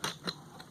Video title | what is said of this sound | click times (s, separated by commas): VID 20160315 212434039 | it ride down the barrel you'll feel it click back in there | 0.0 s